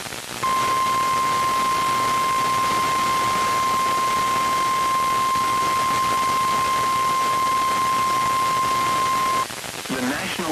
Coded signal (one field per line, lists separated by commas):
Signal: Emergency Alert System (SAME) tones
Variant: 1050 Hz attention tone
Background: speech